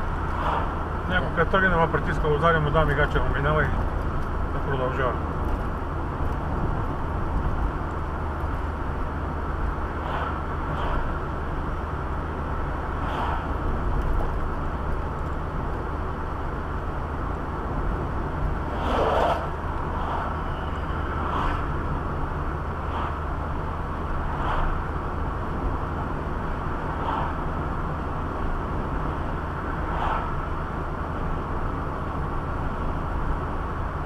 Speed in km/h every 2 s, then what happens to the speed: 60, 61, 60, 60, 59, 59, 59, 58, 58, 60, 60, 61, 61, 62, 62, 62, 61.
0-34 steady at about 60.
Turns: none.